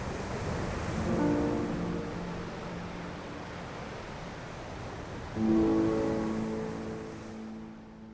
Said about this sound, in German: Ich setzte mich an den Rand der Klippen, lauschte eine Weile den Wellen und blickte auf die untergehende Sonne.